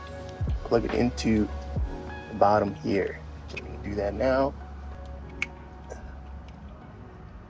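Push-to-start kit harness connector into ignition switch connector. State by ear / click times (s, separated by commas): seated / 5.4 s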